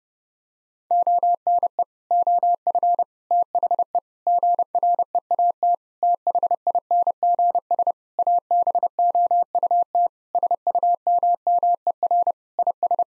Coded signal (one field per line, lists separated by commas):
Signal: Morse code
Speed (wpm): 32 wpm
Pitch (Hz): 700 Hz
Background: none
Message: ONE OF THE GREAT THINGS ABOUT SUMMER IS